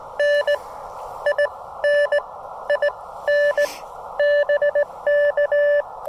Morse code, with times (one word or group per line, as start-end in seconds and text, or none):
0.2-0.5 N
1.3-1.5 I
1.8-2.2 N
2.7-2.9 I
3.3-3.6 N
4.2-5.8 BK